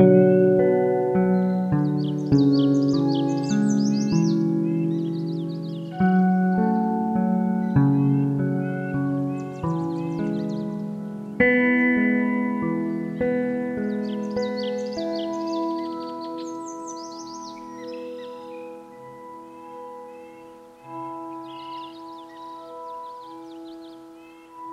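On the Cave and Basin Marsh Trail in Banff National Park, small birds chirp and trill in quick high bursts every few seconds. Underneath, low ringing tones begin with sharp strikes near the start, around 6, 11 and 21 seconds, then slowly fade.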